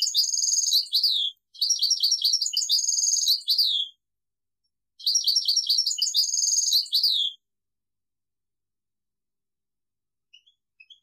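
European goldfinch song: bright tinkling twittered phrases, high and rapid, in bursts of one to three seconds separated by short silences, ending in quiet.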